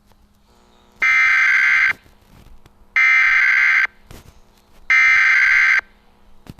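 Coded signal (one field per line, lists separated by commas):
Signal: Emergency Alert System (SAME) tones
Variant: header bursts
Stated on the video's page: Fictional EAS scenario, not a real alert.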